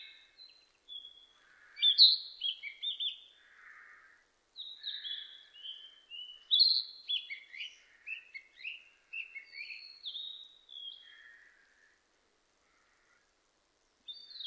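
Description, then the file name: Narcissus flycatcher song, a long series of varied high whistles, trills and slurred notes in fast jumbled phrases, with soft lower rasping notes between, then a pause before a brief new start at the end. Recorded 25 April 2006. "060425 kibitaki"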